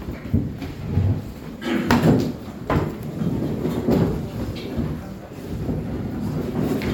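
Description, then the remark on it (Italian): Chairs being moved back: a run of irregular scrapes, bumps and knocks with a low rumbling texture, steady and fairly loud throughout, with faint murmuring voices mixed in. “In piedi ci sono sedie, anche sedie. Se portiamo un pochino più dietro.”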